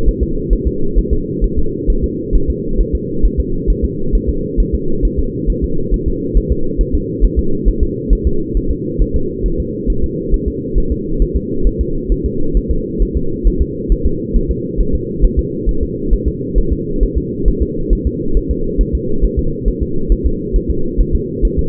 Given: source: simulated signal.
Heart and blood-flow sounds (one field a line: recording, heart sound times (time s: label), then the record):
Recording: fetal heart sounds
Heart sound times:
0.09 s: S1
0.23 s: S2
0.53 s: S1
0.67 s: S2
0.99 s: S1
1.13 s: S2
1.44 s: S1
1.59 s: S2
1.90 s: S1
2.04 s: S2
2.35 s: S1
2.50 s: S2
2.81 s: S1
2.95 s: S2
3.25 s: S1
3.40 s: S2
3.70 s: S1
3.84 s: S2
4.15 s: S1
4.29 s: S2
4.60 s: S1
4.75 s: S2
5.05 s: S1
5.19 s: S2
5.50 s: S1
5.64 s: S2
5.94 s: S1
6.08 s: S2
6.37 s: S1
6.52 s: S2
6.81 s: S1
6.95 s: S2
7.25 s: S1
7.39 s: S2
7.68 s: S1
7.83 s: S2
8.13 s: S1
8.27 s: S2
8.57 s: S1
8.71 s: S2
9.02 s: S1
9.16 s: S2
9.46 s: S1
9.60 s: S2
9.90 s: S1
10.04 s: S2
10.34 s: S1
10.48 s: S2
10.78 s: S1
10.92 s: S2
11.22 s: S1
11.36 s: S2
11.67 s: S1
11.81 s: S2
12.12 s: S1
12.26 s: S2
12.57 s: S1
12.71 s: S2
13.02 s: S1
13.17 s: S2
13.47 s: S1
13.62 s: S2
13.92 s: S1
14.06 s: S2
14.36 s: S1
14.51 s: S2
14.80 s: S1
14.95 s: S2
15.25 s: S1
15.39 s: S2
15.69 s: S1
15.83 s: S2
16.13 s: S1
16.28 s: S2
16.58 s: S1
16.73 s: S2
17.03 s: S1
17.18 s: S2
17.48 s: S1
17.62 s: S2
17.93 s: S1
18.07 s: S2
18.37 s: S1
18.51 s: S2
18.81 s: S1
18.95 s: S2
19.25 s: S1
19.39 s: S2
19.68 s: S1
19.83 s: S2
20.12 s: S1
20.26 s: S2
20.56 s: S1
20.71 s: S2
21.00 s: S1
21.15 s: S2
21.45 s: S1
21.59 s: S2
From the record:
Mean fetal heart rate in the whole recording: 135 bpm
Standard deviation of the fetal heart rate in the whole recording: 3 bpm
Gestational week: 36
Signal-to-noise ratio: -8.1 dB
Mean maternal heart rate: 72 bpm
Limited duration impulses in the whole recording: absent